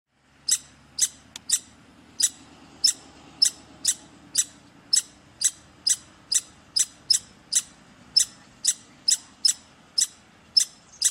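Squirrel chip calls: sharp, high clicking chips repeated steadily about twice a second throughout, with a faint low hum underneath.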